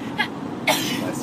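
Two sudden, sharp, noisy bursts about half a second apart, the second louder and longer, over a steady low vehicle rumble. These are quick sneezes in an adult riding in a vehicle, part of a run of three sneezes in a row.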